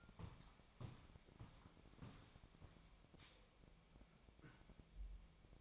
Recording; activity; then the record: daily activity, microphone in the room; walk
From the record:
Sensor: 1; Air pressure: 1012.2 hPa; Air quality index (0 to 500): 177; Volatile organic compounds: 3 ppm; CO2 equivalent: 1456 ppm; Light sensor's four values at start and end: 49/131/54/66 and 48/133/54/66